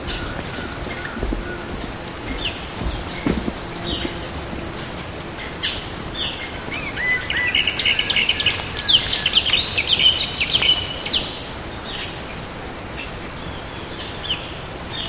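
Bird chorus of many high chirps and trilled notes, busiest in the middle, over a loud, steady outdoor hiss.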